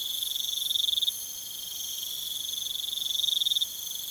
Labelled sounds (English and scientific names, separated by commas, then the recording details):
none
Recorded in pastures near Puerto Asís, Putumayo, Colombia, on 23 June 2025 at 23:30
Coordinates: 0.486, -76.323
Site H29